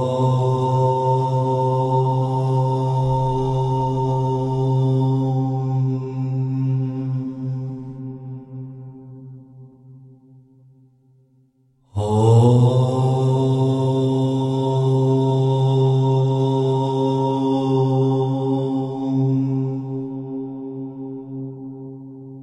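A low, steady Om chant hums with a rich drone, fades almost to silence near twelve seconds, then resumes strongly and slowly softens.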